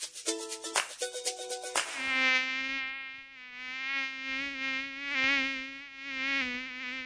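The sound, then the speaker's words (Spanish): A mosquito's whining buzz drones steadily for several seconds, wavering slightly in pitch and loudness, after a brief burst of stuttering, crackly pulses at the start. No one speaks. “Radio sin mosquitos. Sin mosquitos.”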